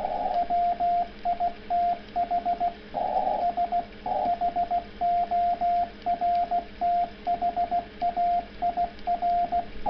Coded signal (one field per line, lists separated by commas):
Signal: Morse code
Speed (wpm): 16 wpm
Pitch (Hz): 690 Hz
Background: radio noise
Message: WITH SHORT HAIR